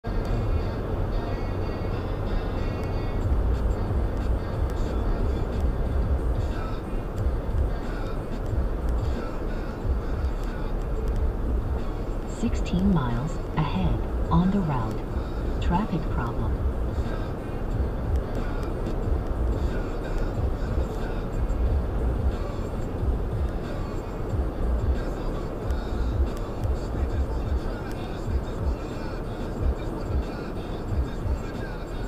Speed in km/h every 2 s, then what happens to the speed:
106, 106, 105, 103, 101, 100, 101, 101, 100, 101, 100, 101, 101, 97, 95, 93.
0-9 slows to 100. 9-24 steady at about 101. 24-32 slows to 93.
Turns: none.